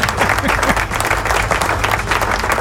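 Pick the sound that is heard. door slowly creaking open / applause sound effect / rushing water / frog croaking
applause sound effect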